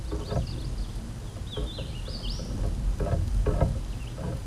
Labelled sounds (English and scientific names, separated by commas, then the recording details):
Hooded Warbler (Setophaga citrina) song
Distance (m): 35 m
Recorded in a Pennsylvania forest on 17 May 2023 at 13:51
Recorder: AudioMoth, point grid1_15_low
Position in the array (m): 38 m, 142 m